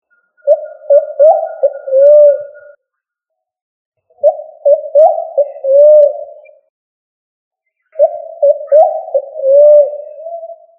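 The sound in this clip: Pigeon cooing in three soft, low phrases, each a couple of seconds long, separated by short silences.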